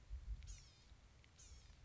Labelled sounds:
Blue-gray Gnatcatcher (Polioptila caerulea)
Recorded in Sonoma County, California

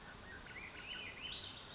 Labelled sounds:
Swainson's Thrush (Catharus ustulatus)
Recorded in Sonoma County, California

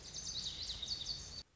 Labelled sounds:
Lazuli Bunting (Passerina amoena)
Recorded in Sonoma County, California

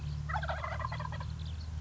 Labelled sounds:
Wild Turkey (Meleagris gallopavo)
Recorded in Sonoma County, California

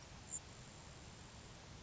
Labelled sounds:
Grasshopper Sparrow (Ammodramus savannarum)
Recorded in Sonoma County, California

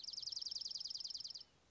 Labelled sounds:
Dark-eyed Junco (Junco hyemalis)
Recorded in Sonoma County, California

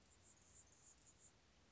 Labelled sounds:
Anna's Hummingbird (Calypte anna)
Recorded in Sonoma County, California

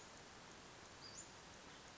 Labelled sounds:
Western Flycatcher (Empidonax difficilis)
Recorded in Sonoma County, California

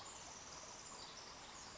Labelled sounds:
Pacific Wren (Troglodytes pacificus)
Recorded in Sonoma County, California

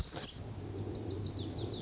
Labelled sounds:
Lazuli Bunting (Passerina amoena)
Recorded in Sonoma County, California

